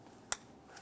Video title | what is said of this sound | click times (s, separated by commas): How to Replace Throttle Body 2011-2019 Ford Explorer | listen for a click give it a tug make sure it's secure | 0.3 s